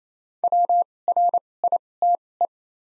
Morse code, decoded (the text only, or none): W R I T E